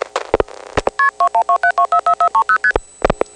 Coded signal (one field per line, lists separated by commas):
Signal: multi-frequency trunk signalling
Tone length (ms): 90 ms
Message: KP2127244430ST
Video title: Operator Roulette 5 — Electromechanical Telephone Sounds from the 1970's — 5 Hours - Single Track!